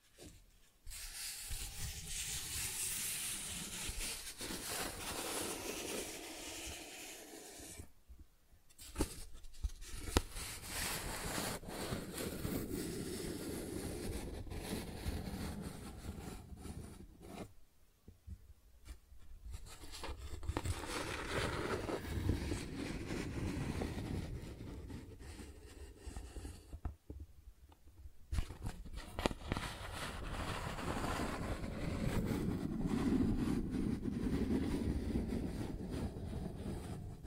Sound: Cardboard Scratching, Tracing, Tearing